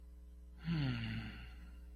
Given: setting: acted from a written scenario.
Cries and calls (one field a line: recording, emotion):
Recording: vocal sound without words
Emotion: contentment